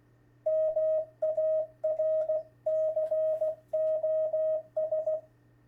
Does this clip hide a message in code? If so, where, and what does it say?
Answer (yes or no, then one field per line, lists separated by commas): yes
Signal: Morse code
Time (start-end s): 0.5-5.2 s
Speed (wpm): 16 wpm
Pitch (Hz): 630 Hz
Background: none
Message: MARCOS